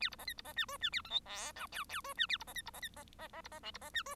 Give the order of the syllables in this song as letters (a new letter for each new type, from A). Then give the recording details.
A B C D B C E F E A G H I J K K F E A B C D B C D C C C B C L B C E F. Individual Bird1